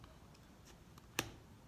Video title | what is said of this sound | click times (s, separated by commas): Changing Your Tube & Tyres | there you go a little click | 1.2 s